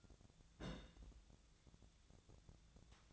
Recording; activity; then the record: daily activity, microphone in the room; place on stove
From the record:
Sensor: 3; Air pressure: 1000.0 hPa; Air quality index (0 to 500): 126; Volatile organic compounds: 2 ppm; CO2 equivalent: 1132 ppm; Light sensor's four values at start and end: 44/111/48/53 and 44/111/48/53